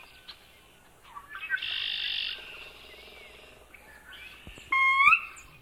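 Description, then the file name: Sora call: a rising whistled slur near the end, after a buzzy burst and softer chattering. Used for marsh bird monitoring survey training. "SORA-mmp training"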